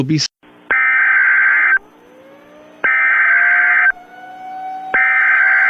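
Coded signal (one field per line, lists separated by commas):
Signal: Emergency Alert System (SAME) tones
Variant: header bursts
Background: speech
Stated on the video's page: Fictional EAS scenario with possibly valid SAME tones, simulated alerts for a made-up severe weather event.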